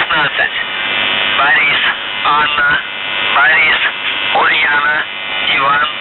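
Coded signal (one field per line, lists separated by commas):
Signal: channel marker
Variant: UVB-76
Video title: The Buzzer/UVB-76(4625Khz) May 18th, 2023 Voice messages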